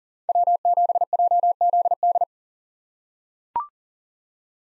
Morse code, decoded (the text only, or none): W7JZD